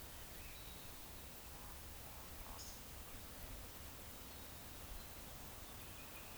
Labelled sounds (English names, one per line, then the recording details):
Eurasian Woodcock
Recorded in Baden-Württemberg, Germany, on 11 June 2021 at 19:44 UTC
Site 45520, 595 m above sea level